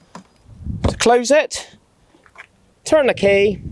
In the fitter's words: and then to just pop it back in again just push it in until that green thing clicks in place to